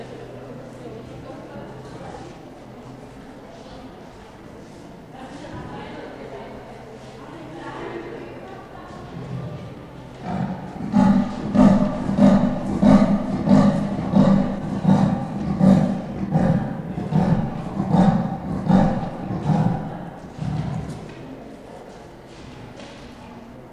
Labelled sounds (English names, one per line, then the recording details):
Leopard
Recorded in captivity
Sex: pair
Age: adult
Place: Zoo Leipzig, Sachsen, DE
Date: 1959-09-17 12:45
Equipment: Reporter (Vollspur)
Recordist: TSA
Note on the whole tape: Weibchen: Knurren gegen Männchen, Männchen: Rufreihe. Abstand 3-5 m. Aufnahmezeit: 12.45-13.45 Uhr